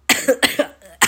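A short run of about three dry, moderate coughs from an adult woman, in a quiet room, during recovery from an illness that began with a sore throat and low-grade fever, with fever rising to a maximum of 38.7 °C.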